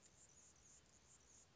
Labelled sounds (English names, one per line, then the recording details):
Anna's Hummingbird
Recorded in Sonoma County, California